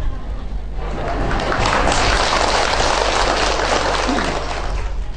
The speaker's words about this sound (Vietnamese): cho nên ông trời cũng cảm động, ông mưa là phải rồi.